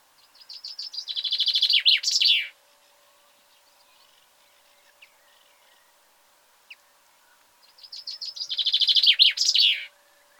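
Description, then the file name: Common chaffinch singing two phrases about seven seconds apart, each a quick falling series of notes ending in a flourish, with faint single ticks in the gap. "Fringilla coelebs"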